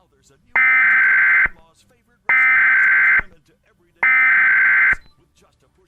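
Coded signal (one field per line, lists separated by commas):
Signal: Emergency Alert System (SAME) tones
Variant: header bursts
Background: speech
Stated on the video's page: Re-creation of SAME alert tones for a Webbers Falls flooding event, made as a simulated Comcast cable screen with VCR effect.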